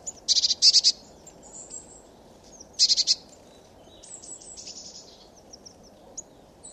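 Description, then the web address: Eurasian blue tit giving harsh, buzzy churring bursts, one near the start and another around three seconds, followed by thin, high faint notes over a steady low background noise. "cianscape. Deverinetal"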